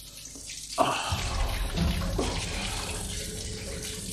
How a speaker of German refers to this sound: Ich stehe unter der Dusche.